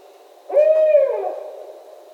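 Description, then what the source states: Barred owl calling once, a rich hooted tone held level and then dropping in pitch as it tapers off, over a quiet background. Recorded on 17 October 2011.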